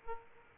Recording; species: mosquito wingbeat signal from an infrared sensor; Aedes aegypti